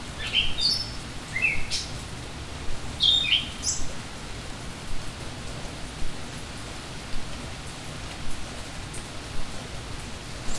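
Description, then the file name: Bird chirps, a few short high notes in small bursts in the first half, set against a steady hiss of falling rain. "Bird in Rain"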